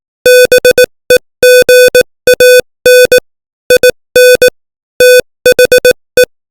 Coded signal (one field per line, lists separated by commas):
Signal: Morse code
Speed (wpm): 18 wpm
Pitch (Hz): 500 Hz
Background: music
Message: BEGAN IN THE